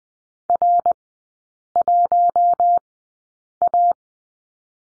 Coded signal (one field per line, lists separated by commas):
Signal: Morse code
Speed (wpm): 20 wpm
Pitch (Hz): 700 Hz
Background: none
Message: R1A